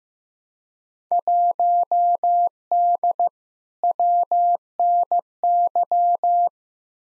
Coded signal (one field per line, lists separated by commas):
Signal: Morse code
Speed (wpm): 15 wpm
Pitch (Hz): 700 Hz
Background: none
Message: 1D WNY